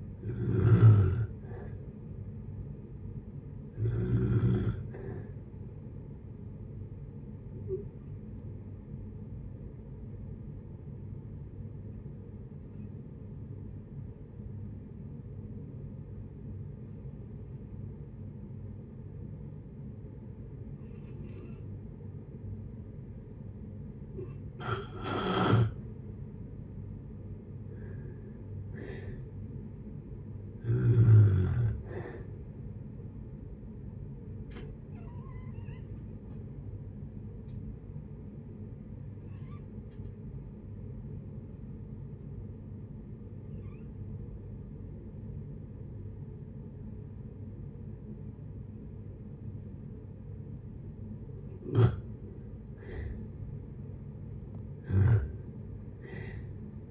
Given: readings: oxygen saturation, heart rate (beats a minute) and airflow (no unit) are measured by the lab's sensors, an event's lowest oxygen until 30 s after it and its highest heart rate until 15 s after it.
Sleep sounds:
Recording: breathing in sleep by a smartphone at the bedside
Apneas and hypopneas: 2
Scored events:
7.00-24.60 s: hypopnea (N2, oxygen 95% highest, then 86% lowest, heart rate 62 at the start, 69 highest)
36.00-52.90 s: hypopnea (N2, oxygen 94% highest, then 85% lowest, heart rate 63 at the start, 71 highest)
From the record:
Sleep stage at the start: N2 (light sleep)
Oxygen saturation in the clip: 82 to 95%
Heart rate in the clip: 55 to 72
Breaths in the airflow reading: 13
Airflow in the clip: -6.9 to 7.8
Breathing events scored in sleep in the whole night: 496 in 5.4 hours asleep

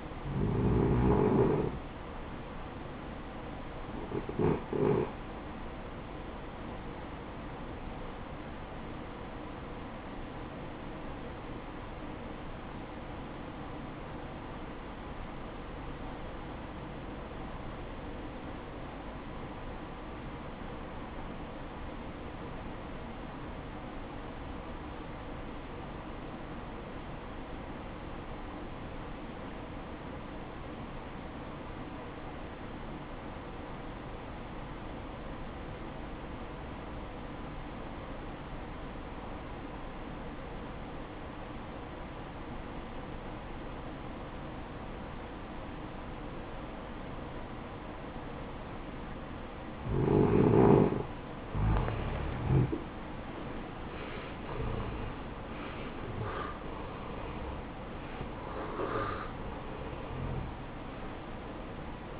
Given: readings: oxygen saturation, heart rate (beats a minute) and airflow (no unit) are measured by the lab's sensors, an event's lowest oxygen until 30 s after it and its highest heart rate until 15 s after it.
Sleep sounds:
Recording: breathing in sleep by a voice recorder at the bedside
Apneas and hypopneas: 1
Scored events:
10.00-52.40 s: obstructive apnea (REM, oxygen 94% highest, then 78% lowest, heart rate 68 at the start, 80 highest)
From the record:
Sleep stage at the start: REM sleep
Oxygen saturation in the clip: 80 to 94%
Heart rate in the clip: 51 to 80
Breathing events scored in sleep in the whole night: 573 in 9.8 hours asleep

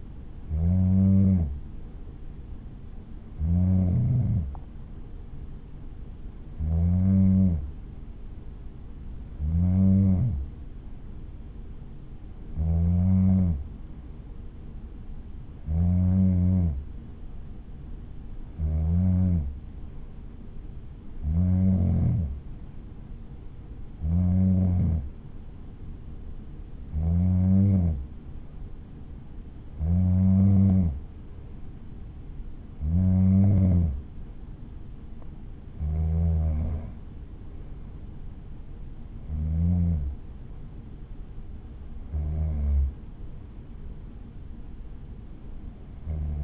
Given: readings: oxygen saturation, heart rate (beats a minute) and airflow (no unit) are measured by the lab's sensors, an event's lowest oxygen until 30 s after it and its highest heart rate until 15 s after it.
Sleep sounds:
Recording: breathing in sleep by a smartphone at the bedside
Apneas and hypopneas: none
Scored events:
37.00-46.44 s: new sleep stage, N3 (deep sleep)
From the record:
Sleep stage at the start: N2 (light sleep)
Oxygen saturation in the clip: 92 to 94%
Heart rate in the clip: 62 to 69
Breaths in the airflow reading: 16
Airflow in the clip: -7.1 to 7.0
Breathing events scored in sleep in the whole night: 216 in 7.0 hours asleep

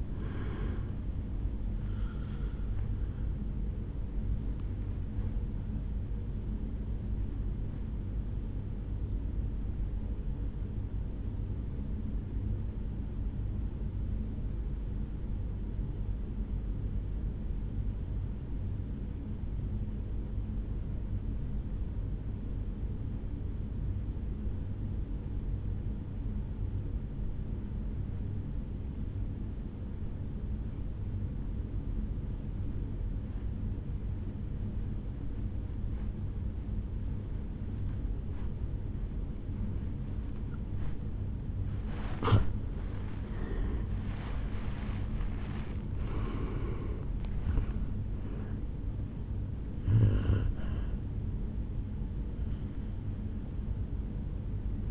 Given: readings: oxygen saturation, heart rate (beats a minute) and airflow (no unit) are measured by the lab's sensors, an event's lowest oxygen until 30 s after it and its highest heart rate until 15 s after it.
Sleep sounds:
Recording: breathing in sleep by a smartphone at the bedside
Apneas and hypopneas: 1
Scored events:
6.00-54.91 s: new sleep stage, N1 (lightest sleep)
7.00-41.40 s: hypopnea (N1, oxygen 97% highest, then 81% lowest, heart rate 66 at the start, 77 highest)
From the record:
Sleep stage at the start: N2 (light sleep)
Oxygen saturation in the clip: 81 to 97%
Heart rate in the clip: 51 to 78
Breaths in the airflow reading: 7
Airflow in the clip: -11.7 to 11.1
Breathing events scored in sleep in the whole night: 449 in 7.0 hours asleep

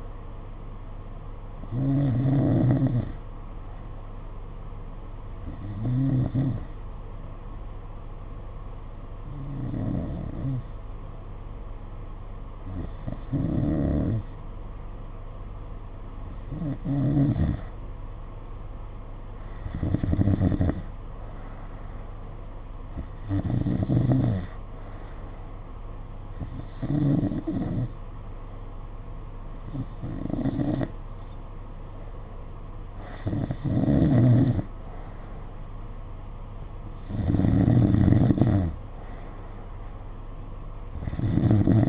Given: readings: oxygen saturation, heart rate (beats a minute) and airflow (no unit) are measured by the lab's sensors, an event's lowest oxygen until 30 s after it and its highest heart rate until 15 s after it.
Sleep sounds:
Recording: breathing in sleep by a smartphone at the bedside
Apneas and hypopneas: 1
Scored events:
7.00-25.80 s: hypopnea (N2, oxygen 94% highest, then 90% lowest, heart rate 55 at the start, 58 highest)
From the record:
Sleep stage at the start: N2 (light sleep)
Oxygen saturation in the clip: 90 to 94%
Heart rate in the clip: 53 to 58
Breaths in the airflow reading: 11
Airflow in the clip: -5.4 to 4.0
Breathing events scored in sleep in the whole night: 476 in 9.7 hours asleep

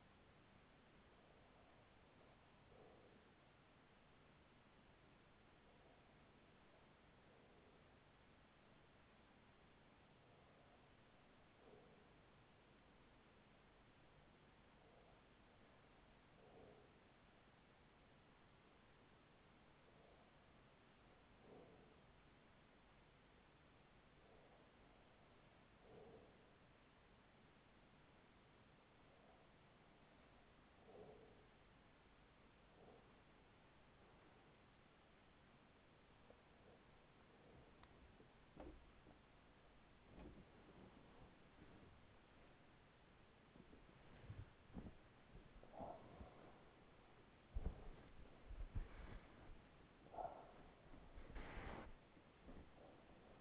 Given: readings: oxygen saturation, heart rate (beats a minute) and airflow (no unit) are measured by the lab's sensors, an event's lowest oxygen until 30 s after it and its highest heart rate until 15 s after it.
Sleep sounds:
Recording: breathing in sleep by a voice recorder at the bedside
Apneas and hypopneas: 1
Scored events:
4.00-34.50 s: hypopnea (N1, oxygen 95% highest, then 94% lowest, heart rate 37 at the start, 64 highest)
11.00-41.00 s: new sleep stage, N2 (light sleep)
41.00-53.41 s: new sleep stage, awake
42.00-53.41 s: awake
From the record:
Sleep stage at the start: N1 (lightest sleep)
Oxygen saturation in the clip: 94 to 95%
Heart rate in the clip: 37 to 70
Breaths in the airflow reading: 11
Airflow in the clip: -8.0 to 9.6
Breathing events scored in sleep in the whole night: 207 in 7.6 hours asleep

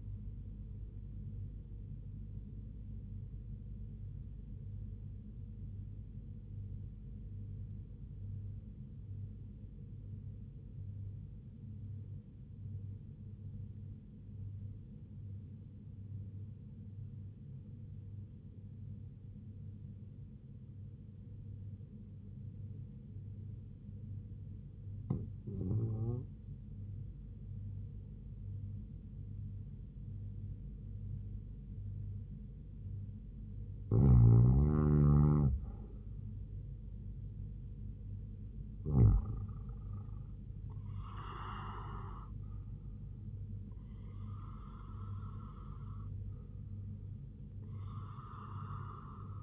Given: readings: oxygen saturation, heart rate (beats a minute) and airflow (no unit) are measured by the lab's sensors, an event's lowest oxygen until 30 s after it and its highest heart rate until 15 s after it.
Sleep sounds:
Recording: breathing in sleep by a smartphone at the bedside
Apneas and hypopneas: 1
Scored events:
9.00-33.50 s: obstructive apnea (REM, oxygen 99% highest, then 94% lowest, heart rate 71 at the start, 87 highest)
From the record:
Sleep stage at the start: REM sleep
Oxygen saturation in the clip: 94 to 100%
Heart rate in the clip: 70 to 87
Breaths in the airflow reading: 5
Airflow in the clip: -6.1 to 6.3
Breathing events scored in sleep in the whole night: 158 in 7.3 hours asleep

